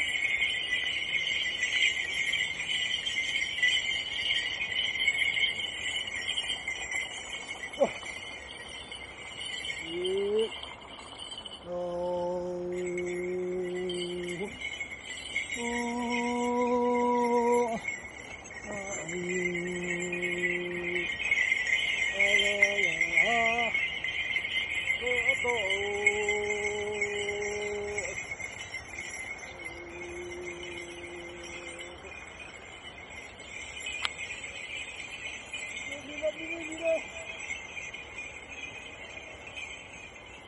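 A Tibetan man hums a slow, wordless tune in the fields, beginning about ten seconds in with long held notes and short sliding phrases, then trailing off near the end. A steady, high chirring of insects runs underneath the whole time.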